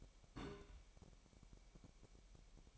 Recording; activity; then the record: daily activity, microphone in the room; place on stove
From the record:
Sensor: 1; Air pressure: 1002.0 hPa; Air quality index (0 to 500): 248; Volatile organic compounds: 52 ppm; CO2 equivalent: 3326 ppm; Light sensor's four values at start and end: 6/14/5/6 and 6/14/5/6